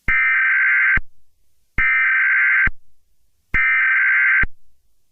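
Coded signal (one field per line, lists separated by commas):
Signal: Emergency Alert System (SAME) tones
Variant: header bursts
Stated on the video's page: Fictional EAS scenario about a hostile invasion, not a real alert.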